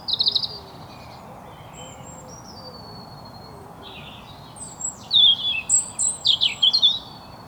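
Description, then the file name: European robin song: a brief high twitter, a quiet gap with thin drawn-out whistles, then a bright cascade of sharp, rapidly changing notes. "Erithacus rubecula"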